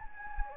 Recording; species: mosquito wingbeat signal from an infrared sensor; Anopheles gambiae